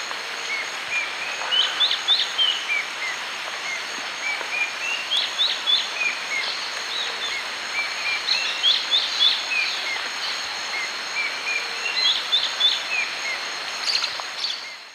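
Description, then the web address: Amazonian streaked antwren singing its slow song: repeated bursts of sharp, rising-and-falling notes throughout, against a constant high insect drone. "Natures Songs S America Eastern Lowlands. Myrmotherula multostriata, slow song"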